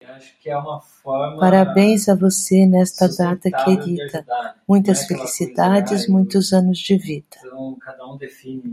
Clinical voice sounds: short text; Brazilian Portuguese; female; 60 to 69 years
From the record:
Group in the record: control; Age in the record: 66 years

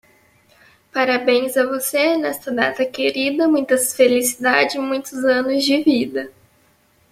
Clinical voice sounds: short text; Brazilian Portuguese; female; 20 to 29 years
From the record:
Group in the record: control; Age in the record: 23 years

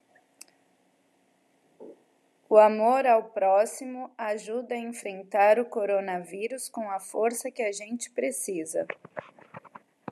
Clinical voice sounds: spoken sentence; Brazilian Portuguese; female; 40 to 49 years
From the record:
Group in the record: control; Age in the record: 46 years

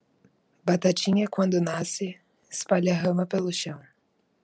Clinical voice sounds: short text; Brazilian Portuguese; female; 20 to 29 years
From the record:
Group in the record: control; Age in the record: 20 years

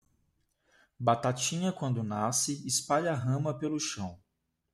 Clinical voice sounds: short text; Brazilian Portuguese; male; 20 to 29 years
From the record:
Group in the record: control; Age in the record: 27 years

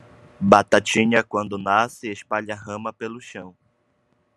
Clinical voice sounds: short text; Brazilian Portuguese; male; 30 to 39 years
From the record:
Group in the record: control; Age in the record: 30 years

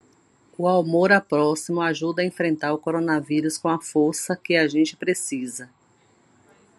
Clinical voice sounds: spoken sentence; Brazilian Portuguese; female; 50 to 59 years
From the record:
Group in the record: control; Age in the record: 54 years

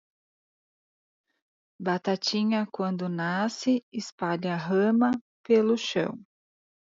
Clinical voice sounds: short text; Brazilian Portuguese; female; 30 to 39 years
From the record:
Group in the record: control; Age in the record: 39 years

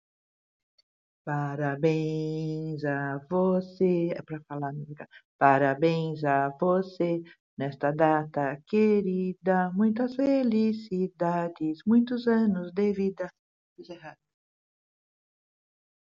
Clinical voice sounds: short text; Brazilian Portuguese; female; 60 to 69 years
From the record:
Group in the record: control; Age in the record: 63 years

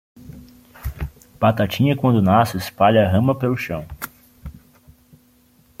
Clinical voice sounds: short text; Brazilian Portuguese; male; 30 to 39 years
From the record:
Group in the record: control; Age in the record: 32 years

